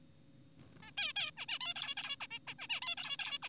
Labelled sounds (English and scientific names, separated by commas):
Zebra Finch (Taeniopygia guttata)